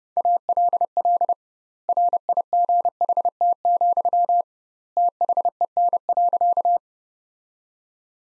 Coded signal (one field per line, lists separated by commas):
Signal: Morse code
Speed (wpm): 30 wpm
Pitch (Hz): 700 Hz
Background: none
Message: ALL RIGHT, THEN.